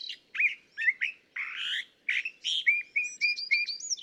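California thrasher singing a rapid medley of varied phrases, some harsh and buzzy, others clear whistled notes, with short repeated chirps near the end.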